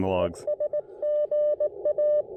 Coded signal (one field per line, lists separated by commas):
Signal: Morse code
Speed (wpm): 19 wpm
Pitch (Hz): 600 Hz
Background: speech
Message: ES GA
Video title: Ham Radio Workbenches On The Air & POTA: A very long QRP activation video using CW and SSB!